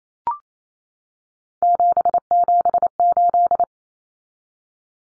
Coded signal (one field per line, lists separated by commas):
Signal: Morse code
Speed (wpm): 28 wpm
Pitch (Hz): 700 Hz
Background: none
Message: 778